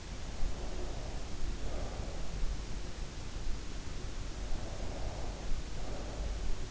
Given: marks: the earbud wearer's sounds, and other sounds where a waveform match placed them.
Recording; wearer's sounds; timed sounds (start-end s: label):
sounds in sleep by an in-ear microphone; breath
0.38-2.45 s: breath
4.40-6.71 s: breath